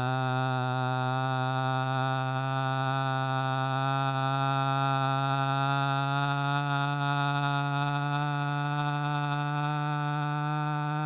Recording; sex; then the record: sustained vowel /a/; male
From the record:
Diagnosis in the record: Parkinson's disease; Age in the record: 75 years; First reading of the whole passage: 62 s, 8.3 characters per second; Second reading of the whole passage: 57 s, 9.2 characters per second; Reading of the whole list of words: 53 s, 5.3 characters per second